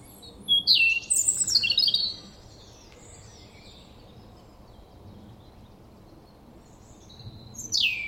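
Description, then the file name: European robin delivering a fast, varied, tinkling phrase with steep rising and falling notes, a silent pause of several seconds, then one sharp descending note. "Erithacus rubecula"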